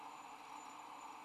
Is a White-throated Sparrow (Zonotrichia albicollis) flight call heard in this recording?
no